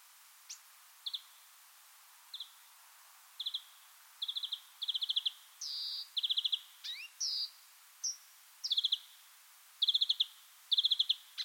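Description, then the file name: Marsh warbler: songbird phrases of short buzzy trills and chirps, separated by brief pauses, varied and irregular, with a few sharp upslurred notes in between. "suara-kicauan-burung-marsh-warbler omkicau"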